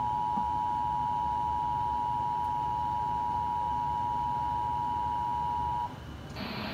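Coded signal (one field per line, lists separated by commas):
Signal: Emergency Alert System (SAME) tones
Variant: 853 and 960 Hz attention tone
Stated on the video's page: Required monthly tests aired on two TV stations, channels 5.1 and 8.1.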